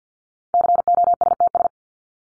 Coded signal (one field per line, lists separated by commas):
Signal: Morse code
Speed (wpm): 50 wpm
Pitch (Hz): 700 Hz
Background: none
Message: COSTS